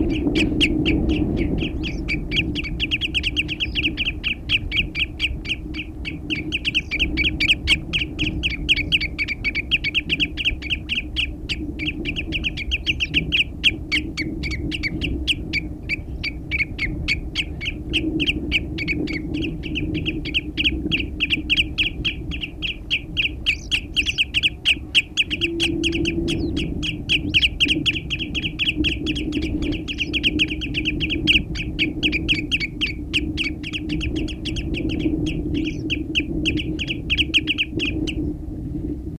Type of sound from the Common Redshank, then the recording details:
song. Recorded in the wild. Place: Cano Guadiamar, ES. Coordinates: 36.9242, -6.35889. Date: 1971-03-25. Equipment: Uher Report 4200, AKG D190C in Doppel-Parabolreflektor. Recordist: Krey, Winfried